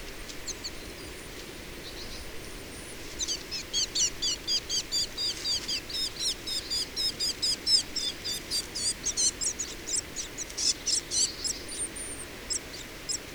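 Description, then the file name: Eurasian blue tit calls: a long, fast series of high, scratchy repeated notes, about four per second, continuing for roughly ten seconds, with thin high whistles at both ends. "Cyanistes caeruleus"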